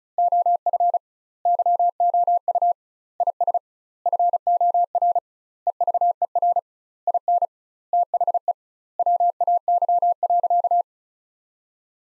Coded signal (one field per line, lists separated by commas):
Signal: Morse code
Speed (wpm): 34 wpm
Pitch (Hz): 700 Hz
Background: none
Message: OF YOU IS FOR EVER IN THE WAY.